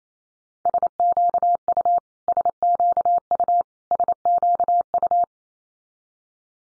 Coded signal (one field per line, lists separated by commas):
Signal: Morse code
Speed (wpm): 28 wpm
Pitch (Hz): 700 Hz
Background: none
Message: SQU SQU SQU